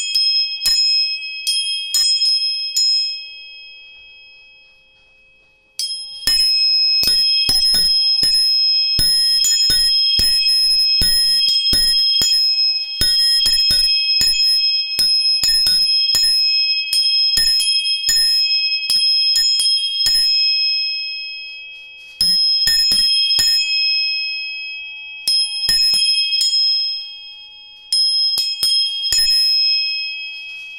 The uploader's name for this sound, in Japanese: 音叉チューニング3本